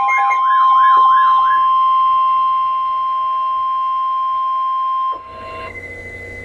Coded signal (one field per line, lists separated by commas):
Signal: Emergency Alert System (SAME) tones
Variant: 1050 Hz attention tone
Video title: Severe Thunderstorm Warning - EAS #590